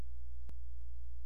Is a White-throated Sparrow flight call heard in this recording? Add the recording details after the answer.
no. No flight call is heard. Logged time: 00:13 on 16 September 2014